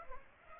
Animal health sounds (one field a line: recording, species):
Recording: mosquito wingbeat signal from an infrared sensor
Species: Aedes aegypti